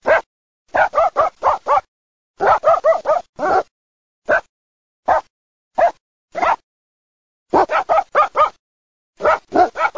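Dog barking: sharp barks, some single and some in quick runs of several, separated by short silent gaps.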